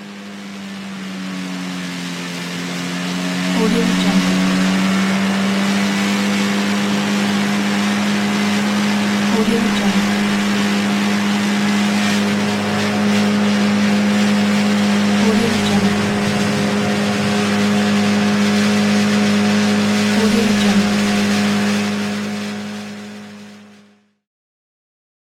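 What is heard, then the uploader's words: A motorcycle engine holds a steady, loud drone with a strong low hum and a buzzing rasp on top for most of the clip. Brief throttle blips or gear shifts come roughly every five to six seconds, and the sound cuts off abruptly near the end. Motorcycle on the Road Sound Effect.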